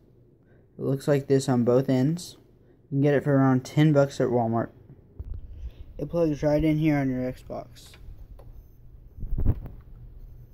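An Ethernet cable's plastic RJ45 plug is handled at the network port on the back of an Xbox 360 game console while someone talks. A few faint handling taps sound around 5.2 s and 9.4–9.7 s. The plug has not seated or clicked into the port yet.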